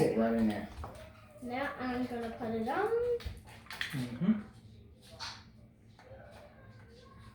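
Someone talks while the battery sits laid in a Vatos off-road RC truck, then starts putting the plastic battery cover onto the truck's chassis, with quiet handling noises after the speech. The cover has not snapped down or clicked into place yet.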